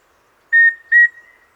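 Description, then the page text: Rufous-breasted antthrush song: two clear whistled notes on one steady pitch, the second a touch higher, with brief silence before and after. "Andrew Spencer - Рыжегрудая питтоподобная муравьеловка (Formicarius rufipectus)"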